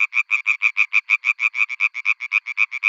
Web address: European Tree Frog